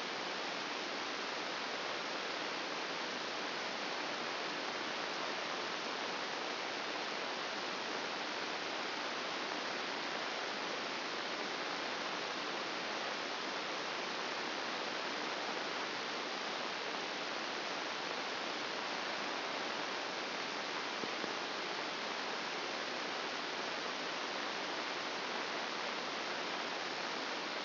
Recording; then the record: brain microelectrode recording played as sound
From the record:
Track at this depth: inside the subthalamic nucleus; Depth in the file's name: 3.566 mm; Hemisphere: left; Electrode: 2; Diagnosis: Parkinson's disease